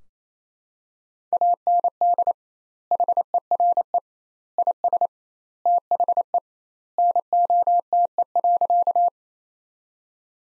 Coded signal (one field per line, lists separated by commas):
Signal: Morse code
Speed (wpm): 28 wpm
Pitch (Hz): 700 Hz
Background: none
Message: AND HERE IS THE NOTE.